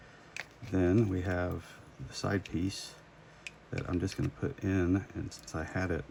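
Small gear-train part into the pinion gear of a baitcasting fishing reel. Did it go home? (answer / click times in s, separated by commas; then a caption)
yes / 0.4 s. A small gear-train part is pushed straight into the pinion gear of a Shimano Curado DC 150HG baitcasting fishing reel during reassembly and snaps home with a sharp click at 0.4 s. The part is seated. Someone then talks for the rest of the clip.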